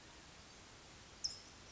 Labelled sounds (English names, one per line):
California Towhee